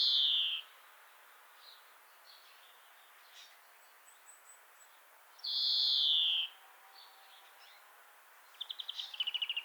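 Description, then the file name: European greenfinch giving two long nasal wheezes that slide downward, several seconds apart, with a fast trill at the very end. "Chloris chloris"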